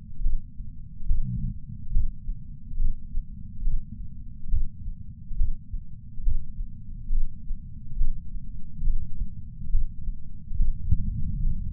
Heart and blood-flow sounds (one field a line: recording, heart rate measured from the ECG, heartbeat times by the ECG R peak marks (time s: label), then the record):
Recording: heart sounds by patch sensor on the chest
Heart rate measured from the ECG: 70 bpm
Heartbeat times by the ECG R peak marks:
0.22 s: heartbeat
1.08 s: heartbeat
1.93 s: heartbeat
2.78 s: heartbeat
3.64 s: heartbeat
4.49 s: heartbeat
5.37 s: heartbeat
6.23 s: heartbeat
7.11 s: heartbeat
7.97 s: heartbeat
8.83 s: heartbeat
9.70 s: heartbeat
10.56 s: heartbeat
11.43 s: heartbeat
From the record:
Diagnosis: coronary artery disease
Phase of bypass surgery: preoperative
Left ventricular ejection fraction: 58.9%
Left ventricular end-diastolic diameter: 51 mm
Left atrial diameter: 51 mm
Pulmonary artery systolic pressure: 40 mmHg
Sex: male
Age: 73 years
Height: 170 cm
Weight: 85 kg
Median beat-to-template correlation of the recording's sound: 0.81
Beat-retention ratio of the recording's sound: 0.95